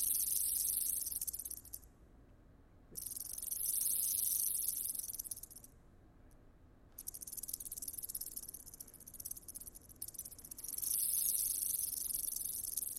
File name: banded rock rattlesnake